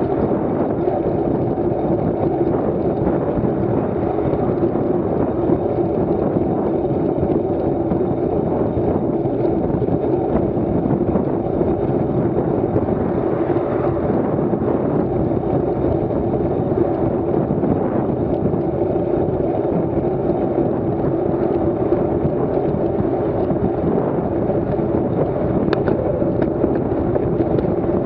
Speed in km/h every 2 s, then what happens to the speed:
30, 30, 30, 32, 34, 31, 35, 36, 34, 37, 39, 38, 40, 40.
0-28 speeds up to 40.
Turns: none.